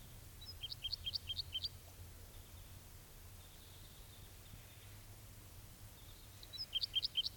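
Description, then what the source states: Red Crossbill calls, a rapid run of bright high kip notes early on, then a faint stretch, then another burst at the end. Type 2 birds arriving and calling; a wild male heard again after perching in a dead tree; near decoys in ponderosa pine and Douglas fir forest.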